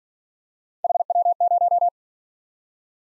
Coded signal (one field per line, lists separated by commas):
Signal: Morse code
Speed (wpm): 46 wpm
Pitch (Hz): 700 Hz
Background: none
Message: HW0